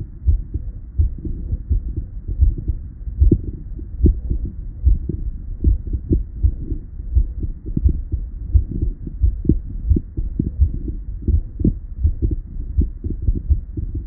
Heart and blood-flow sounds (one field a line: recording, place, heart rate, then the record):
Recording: heart sounds by stethoscope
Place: Erb's point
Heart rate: 82 bpm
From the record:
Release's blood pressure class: elevated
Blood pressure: 127/75 mmHg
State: at rest